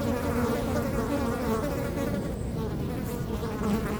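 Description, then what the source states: Fly: flies buzzing in a dense, continuous cluster of wavering drones, with low wind noise beneath. Flies feeding on dung, close-up; Chemin de Lombardil, Fenouillet, France, near Blagnac airport; windy day; recorded with Sennheiser MKH8040 ORTF pair and SD MixPre6.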